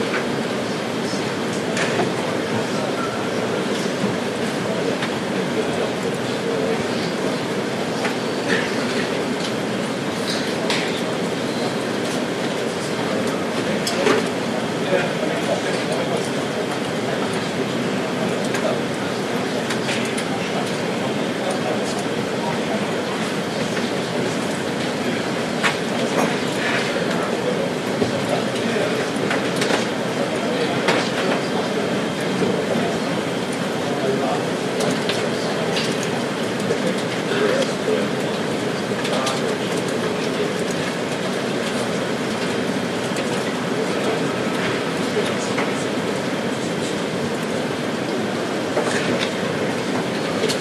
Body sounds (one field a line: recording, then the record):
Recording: background sound without coughing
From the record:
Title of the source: Office Sounds Ambience - Background Noise for Study and Work